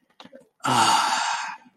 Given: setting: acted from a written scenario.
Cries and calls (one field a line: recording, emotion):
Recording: vocal sound without words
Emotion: ecstasy